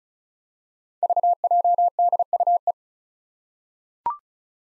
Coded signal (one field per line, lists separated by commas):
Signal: Morse code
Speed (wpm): 36 wpm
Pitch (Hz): 700 Hz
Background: none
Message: VJDUE